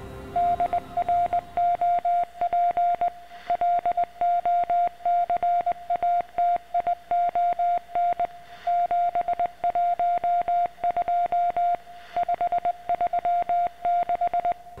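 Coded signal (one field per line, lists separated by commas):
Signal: Morse code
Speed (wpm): 17 wpm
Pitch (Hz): 700 Hz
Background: radio noise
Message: DROP LOCATION 712 536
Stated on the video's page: Mysterious transmission intercepted after repairing a radio mast in the game The Secret World.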